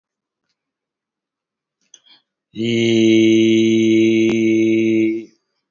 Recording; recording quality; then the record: sustained vowel as in beet; excellent, no background noise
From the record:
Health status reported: healthy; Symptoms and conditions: hypertension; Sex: male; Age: 48 years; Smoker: not ticked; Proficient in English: yes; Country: India